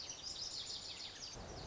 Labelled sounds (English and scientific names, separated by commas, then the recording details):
Lazuli Bunting (Passerina amoena)
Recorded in Sonoma County, California